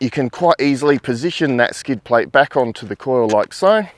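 A plastic skid plate is being positioned back onto an 18-inch metal detector search coil after the coil has been cleaned, while someone talks throughout. Only speech is heard; nothing has seated or clicked yet.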